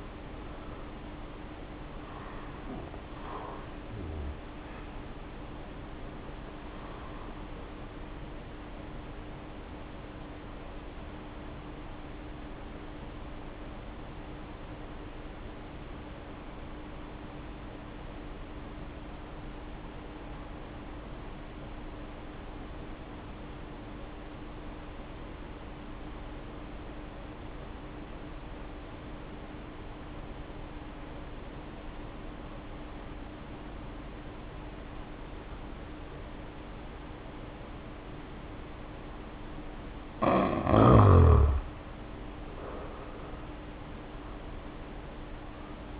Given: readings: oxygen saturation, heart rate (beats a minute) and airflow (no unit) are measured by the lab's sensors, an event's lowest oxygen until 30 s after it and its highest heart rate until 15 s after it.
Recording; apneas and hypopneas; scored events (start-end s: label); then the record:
breathing in sleep by a voice recorder at the bedside; 1
6.00-46.00 s: new sleep stage, N1 (lightest sleep)
10.00-42.00 s: hypopnea (N1, oxygen 95% highest, then 75% lowest, heart rate 47 at the start, 69 highest)
From the record:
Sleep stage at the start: N2 (light sleep); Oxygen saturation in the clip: 73 to 95%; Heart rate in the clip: 47 to 67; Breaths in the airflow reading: 10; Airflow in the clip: -2.0 to 3.5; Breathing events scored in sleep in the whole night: 520 in 7.2 hours asleep